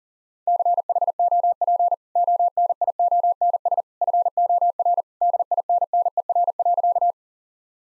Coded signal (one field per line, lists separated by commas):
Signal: Morse code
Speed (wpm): 40 wpm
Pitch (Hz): 700 Hz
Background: none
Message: CHOP ONIONS FOR DINNER.